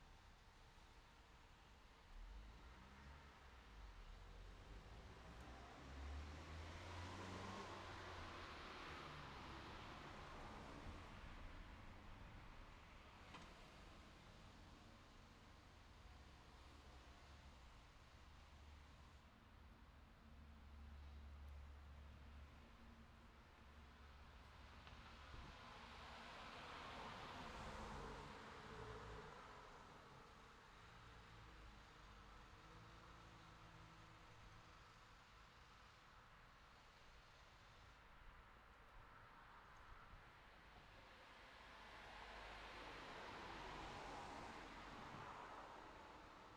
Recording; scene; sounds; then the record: everyday scene through a hearing-aid microphone; in traffic; traffic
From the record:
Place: city secondary road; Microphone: in the ear canal, left